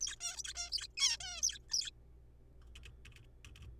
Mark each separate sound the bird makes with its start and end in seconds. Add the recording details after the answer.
0.01-0.16, 0.21-0.36, 0.36-0.53, 0.55-0.70, 0.72-0.87, 0.97-1.17, 1.21-1.42, 1.43-1.59, 1.70-1.90, 2.85-2.88. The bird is a juvenile. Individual R3428